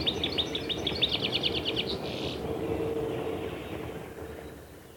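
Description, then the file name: European goldfinch song, a quick run of tinkling repeated notes for about two seconds, then fading away against a constant low hum. "shegol"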